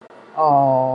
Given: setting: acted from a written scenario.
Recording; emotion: vocal sound without words; sympathy